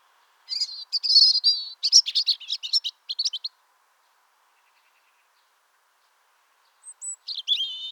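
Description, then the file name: European robin song: a rapid jumble of high, thin twittering notes for about three seconds, a pause, then a fresh phrase opening with a sharp high whistle. "Erithacus rubecula"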